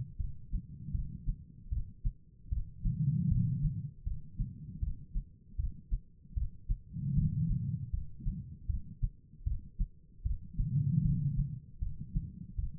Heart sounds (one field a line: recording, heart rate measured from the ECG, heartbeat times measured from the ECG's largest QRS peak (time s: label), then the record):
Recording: heart sounds by stethoscope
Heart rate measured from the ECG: 77 bpm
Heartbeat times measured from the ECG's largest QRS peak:
0.17 s: heartbeat
0.92 s: heartbeat
1.70 s: heartbeat
2.50 s: heartbeat
3.29 s: heartbeat
4.04 s: heartbeat
4.80 s: heartbeat
5.57 s: heartbeat
6.35 s: heartbeat
7.15 s: heartbeat
7.91 s: heartbeat
8.67 s: heartbeat
9.44 s: heartbeat
10.23 s: heartbeat
11.02 s: heartbeat
11.80 s: heartbeat
12.56 s: heartbeat
From the record:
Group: healthy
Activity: rest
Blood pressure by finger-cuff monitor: 151/100 mmHg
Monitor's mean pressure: 121 mmHg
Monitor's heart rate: 78 bpm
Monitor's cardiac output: 4.8 L/min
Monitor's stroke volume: 61 mL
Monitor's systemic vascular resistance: 1890 dyn s/cm5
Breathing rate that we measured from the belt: 16 breaths a minute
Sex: female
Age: 51 years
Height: 162 cm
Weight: 70.04 kg